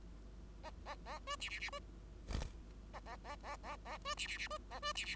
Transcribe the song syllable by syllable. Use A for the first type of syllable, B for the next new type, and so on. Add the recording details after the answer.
A A A B C C C B A A A A A A B C C C B A B C C. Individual Bird5